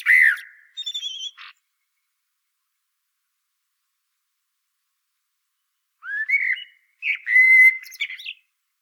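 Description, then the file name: Common blackbird song: a rich whistled note and a thin squeaky flourish, then a pause of several seconds before two more fluty warbled phrases. "Turdus merula"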